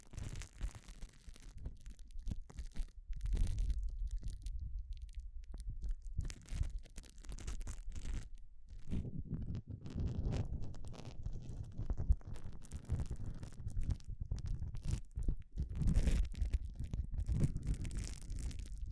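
Gloves being handled, with irregular rubbing, crinkling and crunching movements. Quiet and sparse for the first few seconds, with scattered brief scrapes. From about nine seconds the handling turns steady and dense, a low muffled rumble under quick crackly bursts, with a sharp peak near sixteen seconds.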